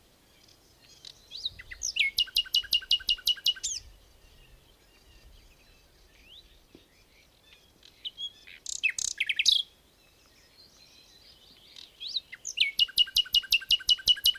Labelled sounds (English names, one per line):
Common Nightingale song